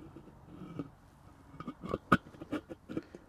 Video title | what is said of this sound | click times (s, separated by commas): UISP - How to build a Ubiquiti PowerBeam 5AC | and we need to do is turn it left ways it was lock into place | 2.1 s